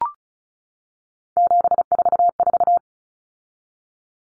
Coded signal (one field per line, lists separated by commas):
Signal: Morse code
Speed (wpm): 34 wpm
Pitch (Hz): 700 Hz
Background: none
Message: 744